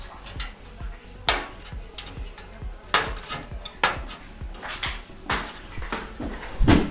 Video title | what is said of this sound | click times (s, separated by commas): Skylake i7 6700K Video Processing Build | of all we have to click in that am shield just so it clicks into place now | 1.3 s, 2.9 s, 3.8 s